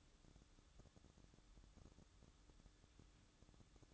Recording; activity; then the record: daily activity, microphone in the room; take from stove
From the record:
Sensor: 3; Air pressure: 1008.0 hPa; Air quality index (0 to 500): 116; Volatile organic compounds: 1 ppm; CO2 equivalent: 963 ppm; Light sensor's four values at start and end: 8/20/8/8 and 8/20/8/8